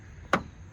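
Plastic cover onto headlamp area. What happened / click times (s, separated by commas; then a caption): The plastic cover snapped into place / 0.3 s. A plastic cover is pushed down onto the headlamp area of a 1999-2005 Pontiac Grand Am during a front turn bulb replacement. A single sharp click at 0.3 s rises above a faint, steady background. The cover clicks into place and is seated.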